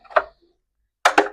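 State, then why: Seated. An internal storage unit holding a tube, CO2 and a mini tool is pushed into a Trek Speed Concept SLR bicycle frame. After an earlier short rattle around 0.2 s, it locks in place with a sharp click at 1.1 s, followed by a second snap at 1.2 s. The unit is seated in the frame.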